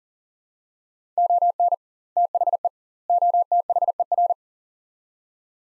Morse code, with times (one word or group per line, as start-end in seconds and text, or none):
1.2-1.7 ON
2.2-2.7 THE
3.1-4.3 OTHER